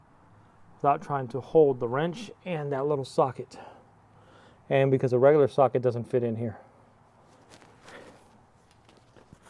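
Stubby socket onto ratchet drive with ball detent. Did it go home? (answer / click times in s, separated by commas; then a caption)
no / none. A small stubby socket is handled near a ratchet drive with a ball detent in a tight engine bay, where a regular socket doesn't fit. Someone talks for most of the clip, then a few faint, short ticks and handling noises are heard near the end, around 7.6 to 9.0 seconds. The clip ends before the socket goes home, so nothing has seated or clicked yet.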